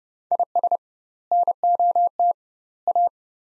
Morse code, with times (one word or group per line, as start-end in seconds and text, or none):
0.3-0.8 IS
1.3-2.3 NOT
2.9-3.1 A